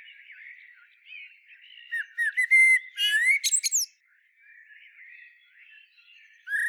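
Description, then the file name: Common blackbird song, a low whistled phrase building into squeaky high twitters, with soft background birdsong throughout. "Turdus merula"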